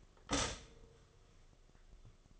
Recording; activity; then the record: daily activity, microphone in the room; stop toaster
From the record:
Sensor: 4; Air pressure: 1015.5 hPa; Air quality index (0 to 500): 194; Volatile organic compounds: 9 ppm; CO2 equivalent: 2171 ppm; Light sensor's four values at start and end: 4/9/3/3 and 4/9/3/3